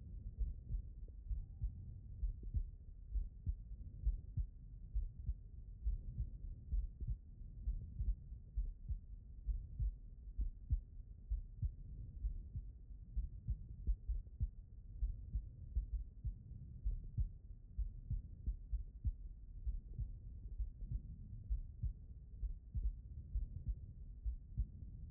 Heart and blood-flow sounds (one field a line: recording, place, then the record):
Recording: heart sounds by stethoscope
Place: aortic valve (AV)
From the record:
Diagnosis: non-HFrEF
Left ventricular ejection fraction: 63%